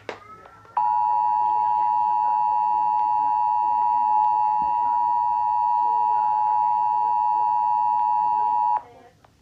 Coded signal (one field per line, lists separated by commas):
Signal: Emergency Alert System (SAME) tones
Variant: 853 and 960 Hz attention tone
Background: speech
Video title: EAS Remastered Mock: the hijack